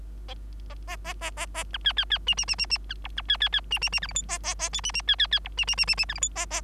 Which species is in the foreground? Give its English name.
Bengalese Finch